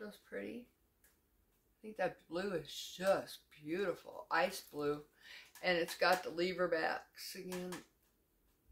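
Someone talks while handling an ice blue metal earring with a hinged lever back, which is meant to snap shut into its catch so the earring is not lost at night. Nothing has seated or clicked yet; only speech is heard, with no sudden sounds.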